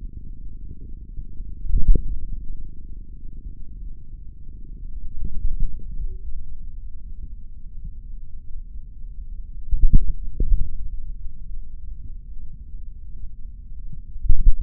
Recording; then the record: forearm muscle sounds (acoustic myography)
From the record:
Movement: finger pinch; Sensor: system 3, bracelet of six PUI Audio POM-2738L microphones around the upper forearm, with dedicated amplification and filtering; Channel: 6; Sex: male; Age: 26 years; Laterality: right